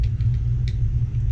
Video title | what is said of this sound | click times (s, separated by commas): Building lego set 60220 "garbage Truck" 90 pcs 4+ | Can you do it? Can you get it clicked in? Can you click the brick? | 0.7 s